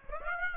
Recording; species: mosquito wingbeat signal from an infrared sensor; Aedes aegypti